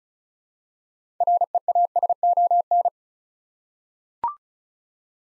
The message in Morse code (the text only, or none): REASON